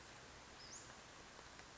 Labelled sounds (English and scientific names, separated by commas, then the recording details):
Western Flycatcher (Empidonax difficilis)
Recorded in Sonoma County, California